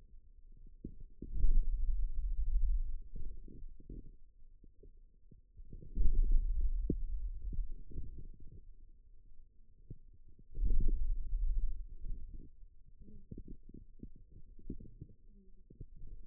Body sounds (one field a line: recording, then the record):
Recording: forearm muscle sounds (acoustic myography)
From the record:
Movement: hand closing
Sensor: system 2, bracelet of six BSWA MPA416 microphones around the upper forearm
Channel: 1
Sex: male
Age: 22 years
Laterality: right